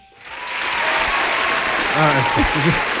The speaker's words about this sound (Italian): Cioè, sono lunghissimi questi applausi. Ma perché poi vanno sfumati.